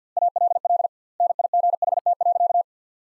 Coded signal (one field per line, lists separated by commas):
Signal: Morse code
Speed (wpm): 50 wpm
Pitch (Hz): 700 Hz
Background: none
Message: ALL NIGHT.